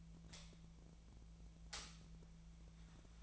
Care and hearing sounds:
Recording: daily activity, microphone in the room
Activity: light on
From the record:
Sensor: 1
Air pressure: 1009.8 hPa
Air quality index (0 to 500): 189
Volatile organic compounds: 17 ppm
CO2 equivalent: 2598 ppm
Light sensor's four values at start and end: 35/89/37/45 and 46/133/54/62

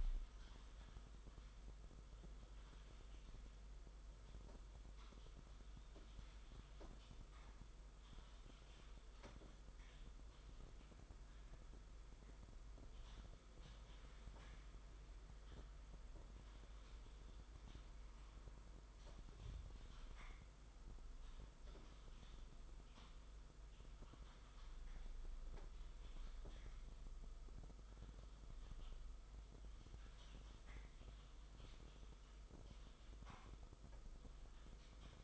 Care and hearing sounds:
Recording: daily activity, microphone in the room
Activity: typing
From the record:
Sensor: 5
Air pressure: 991.1 hPa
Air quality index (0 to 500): 131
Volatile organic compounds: 70 ppm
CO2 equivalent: 3520 ppm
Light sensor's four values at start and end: 38/119/45/48 and 38/120/46/49

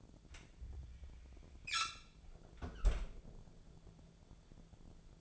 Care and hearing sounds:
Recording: daily activity, microphone in the room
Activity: close fridge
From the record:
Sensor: 5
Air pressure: 1000.2 hPa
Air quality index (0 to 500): 99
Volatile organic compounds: 1 ppm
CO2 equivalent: 802 ppm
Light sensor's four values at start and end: 230/543/234/256 and 228/537/231/253

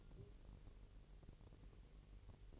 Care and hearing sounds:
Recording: daily activity, microphone in the room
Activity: take from stove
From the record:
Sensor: 4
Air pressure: 1002.8 hPa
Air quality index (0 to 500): 247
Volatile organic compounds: 11 ppm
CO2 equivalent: 2321 ppm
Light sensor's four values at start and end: 8/18/7/7 and 8/18/7/7

